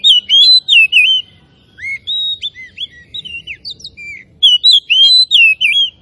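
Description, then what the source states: Oriental magpie-robin song, clear whistled notes curling up and down in quick bursts, a short pause and softer notes, then another rapid run of sweet slurred phrases. Known locally as kacer; labelled Tretes; described as gacor, singing actively and continuously.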